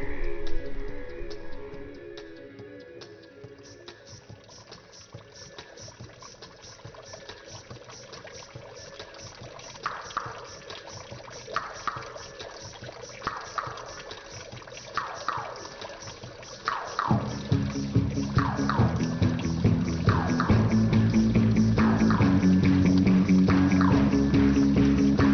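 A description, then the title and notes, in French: Recorded amid the Marais Doux marsh at Aytré, water trickles steadily while dense bird calls chirp throughout, with a loud low drone swelling after seventeen seconds. Au milieu du Marais Doux d'Aytré.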